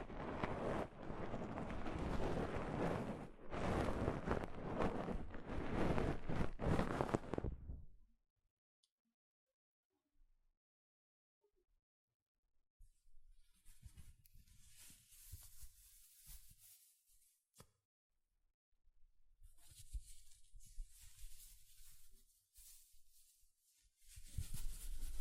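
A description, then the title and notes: Soft fabric brushes against a microphone in loud, dense rustling bursts for the first eight seconds, then stops into near silence. From about 13 seconds, lighter, hissing strokes return in uneven patches with short pauses, and a louder rub closes the clip. ASMR Mic Brushing using Soft Fabric (No Talking).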